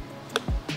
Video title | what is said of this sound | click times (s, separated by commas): Unboxing the NEW Graco Ultra QuickShot! The Most Portable Paint Sprayer Ever Made | you'll hear a little click and that's how you know it's slotted in and now | 0.4 s